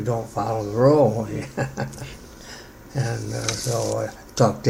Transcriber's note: laughs